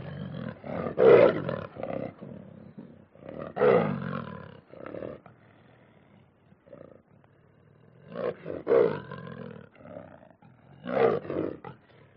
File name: audio hero Lion Growls Snarls